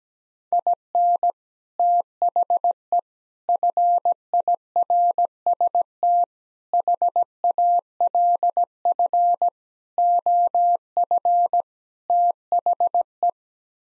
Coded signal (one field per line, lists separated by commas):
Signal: Morse code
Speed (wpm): 17 wpm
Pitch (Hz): 700 Hz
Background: none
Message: IN THE FIRST HALF OF THE